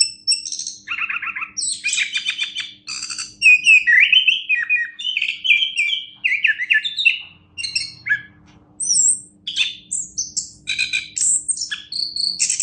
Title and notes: Anis Kembang Juara Nasional. kicau anis kembang